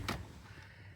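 A plastic center dash trim panel on a 2011 Jeep Liberty 3.7 is gently pressed back into the dashboard clip holes. At 0.1 s there is one sharp broadband pop as its clips engage, then only a low hum with quiet background. The panel pops back on and is seated.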